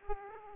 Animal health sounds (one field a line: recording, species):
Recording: mosquito wingbeat signal from an infrared sensor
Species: Aedes aegypti